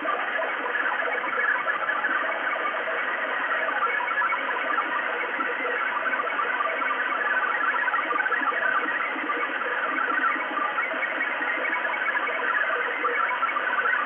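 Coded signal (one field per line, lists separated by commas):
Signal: HF data modem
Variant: XPB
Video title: XPB numbers station Russia 5839 kHz 20200901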